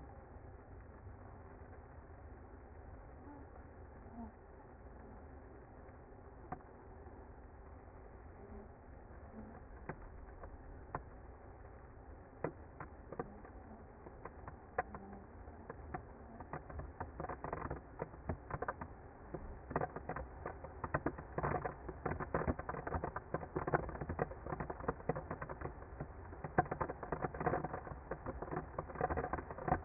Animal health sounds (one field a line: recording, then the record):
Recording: honeybee colony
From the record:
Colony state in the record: active